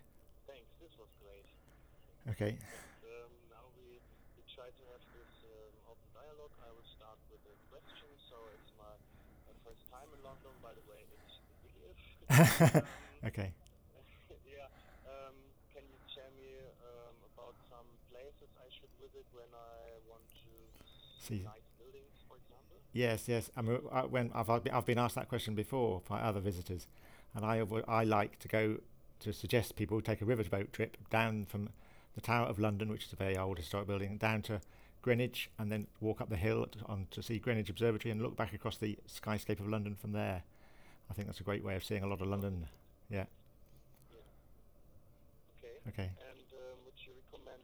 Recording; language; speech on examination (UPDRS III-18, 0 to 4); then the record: conversation on a phone call; English; 1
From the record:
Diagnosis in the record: Parkinson's disease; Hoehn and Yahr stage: 2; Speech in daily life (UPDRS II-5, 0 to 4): 0